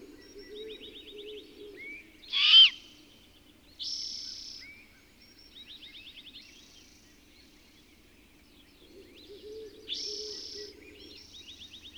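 Birds singing: rapid high trills and buzzy phrases recur, with one sharp loud burst, while soft low hooting notes pulse in short runs beneath them.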